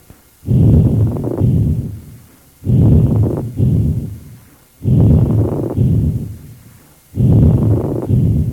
Pleural rub in acute dry pleurisy. This is a creaking, grating sound, loud, superficial, and present in both inspiration and expiration.